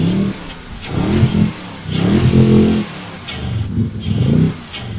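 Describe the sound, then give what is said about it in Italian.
A deep, throaty inboard V8 motorboat engine, a Volvo Penta engine built on an 8100 cc General Motors block developing 425 horsepower, revs in several rising surges, the rumble swelling and dropping back between bursts, loud and alone with no voices. “Sentiamo il rumore e poi parleremo di prestazioni e performance.”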